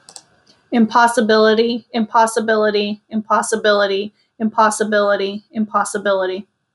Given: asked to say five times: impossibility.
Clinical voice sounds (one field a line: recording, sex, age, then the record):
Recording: repeated word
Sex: female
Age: 30 to 39 years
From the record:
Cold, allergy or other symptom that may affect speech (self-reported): no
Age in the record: 35 years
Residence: North Carolina, United States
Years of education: 14